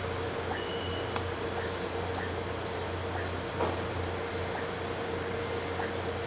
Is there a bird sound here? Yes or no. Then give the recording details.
yes. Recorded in pastures near Puerto Asís, Putumayo, Colombia, on 8 March 2025 at 07:00. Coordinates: 0.466, -76.322. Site CSA-02